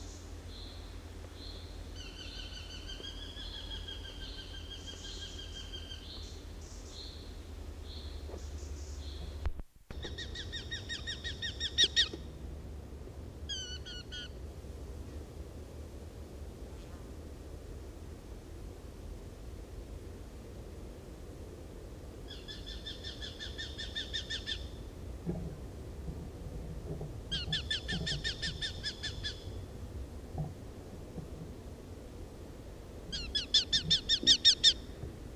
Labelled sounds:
Eurasian Hobby (Falco subbuteo) call

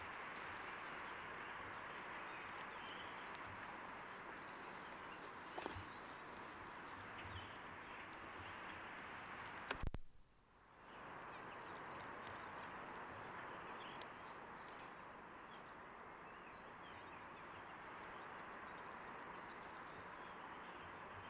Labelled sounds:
Common Blackbird (Turdus merula)

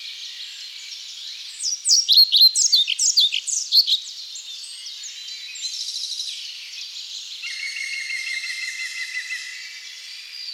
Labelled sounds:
European Pied Flycatcher (Ficedula hypoleuca) song

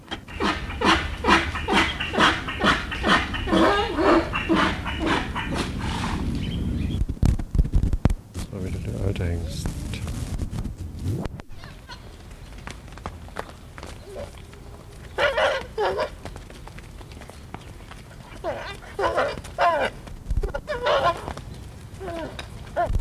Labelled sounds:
Onager (Equus hemionus)

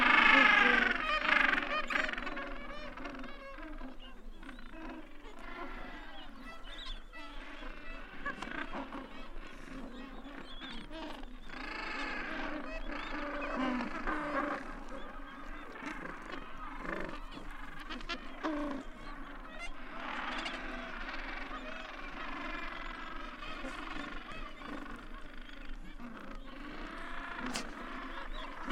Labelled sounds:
Gentoo Penguin (Pygoscelis papua) call

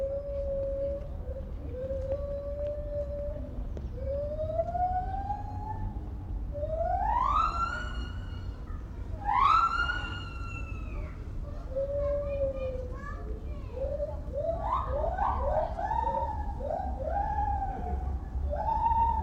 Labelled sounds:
Lar Gibbon (Hylobates lar) call

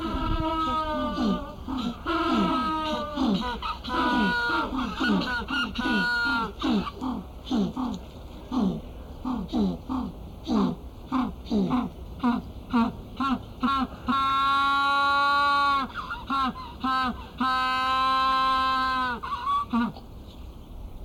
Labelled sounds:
African Penguin (Spheniscus demersus) call

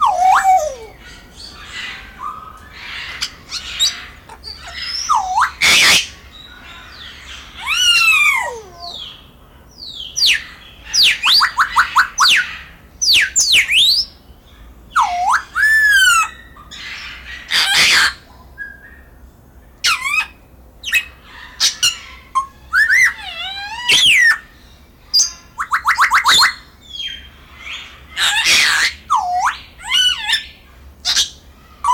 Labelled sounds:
Grey Parrot (Psittacus erithacus) call

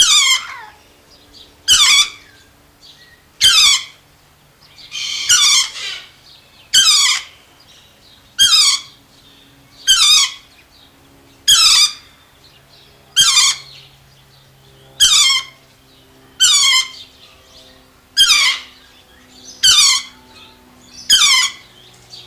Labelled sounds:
Lord Derby's Parakeet (Psittacula derbiana) call

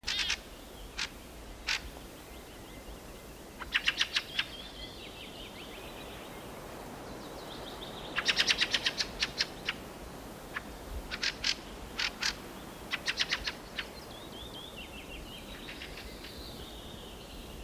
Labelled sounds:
Fieldfare (Turdus pilaris) call

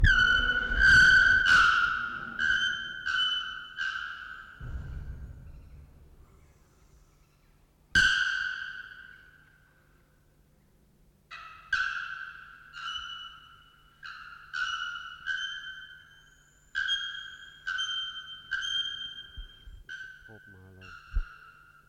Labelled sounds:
Bare-throated Bellbird (Procnias nudicollis) call

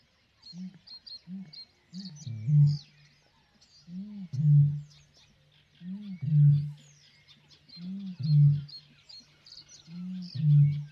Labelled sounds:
Great Bittern (Botaurus stellaris)

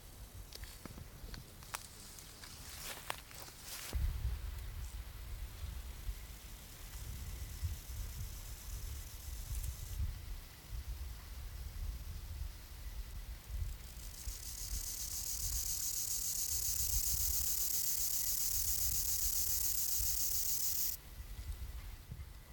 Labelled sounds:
Rufous Grasshopper (Gomphocerippus rufus) stridulation

